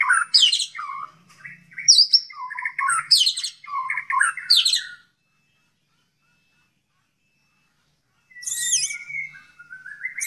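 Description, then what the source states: White-rumped shama singing fast, varied phrases of high buzzy notes and lower warbled whistles, then falling silent for several seconds before a high trill and a rising whistle. Song containing 'tembakan' phrases of canary and kingfisher (tengkek).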